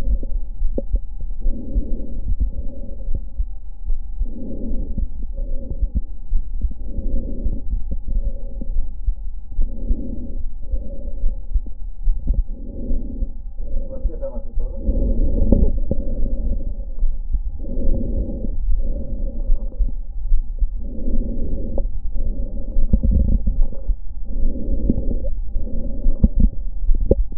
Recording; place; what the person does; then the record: lung sounds by stethoscope; left anterior apical chest; quiet breathing, then deep breathing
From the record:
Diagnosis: asthma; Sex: female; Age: 56 years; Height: 161 cm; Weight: 85 kg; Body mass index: 32.8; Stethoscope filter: diaphragm mode